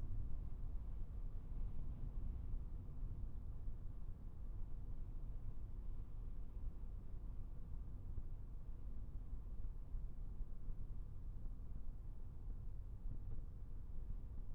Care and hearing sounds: everyday scene through a hearing-aid microphone; in a vehicle; engine, traffic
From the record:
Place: Skoda Fabia, gasoline engine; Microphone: behind the ear, right, front

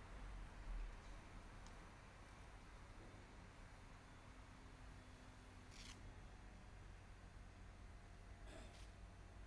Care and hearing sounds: everyday scene through a hearing-aid microphone; in traffic; traffic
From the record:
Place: bus stop on a city main road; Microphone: behind the ear, right, rear

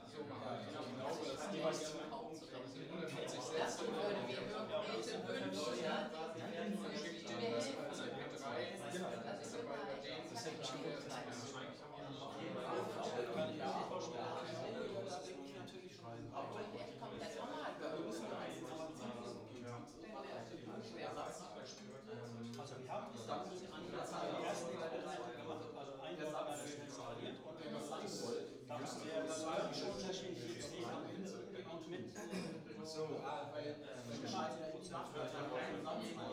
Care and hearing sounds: everyday scene through a hearing-aid microphone; many people talking; many voices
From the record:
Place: bistro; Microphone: in the ear canal, right

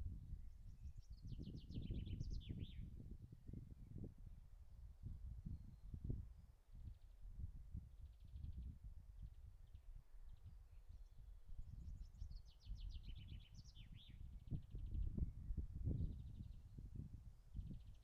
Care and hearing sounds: everyday scene through a hearing-aid microphone; wind on the microphone; wind, birds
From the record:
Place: in front of a rural house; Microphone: behind the ear, right, front

